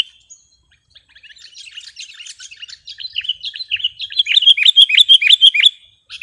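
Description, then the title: Sooty-headed bulbul twittering that starts soft and scattered and builds into loud, fast, repeated chirps before stopping abruptly. "kutilang"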